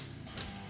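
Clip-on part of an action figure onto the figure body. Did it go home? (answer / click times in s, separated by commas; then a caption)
yes / 0.4 s. A plastic clip-on piece is pressed onto the body of a 1/6 scale Hot Toys The Avengers Iron Man Mark 7 (MK VII) diecast action figure, then pushed slightly downward so it stays in place. Over steady background guitar music, a single short, sharp snap sounds at 0.4 s as the part seats.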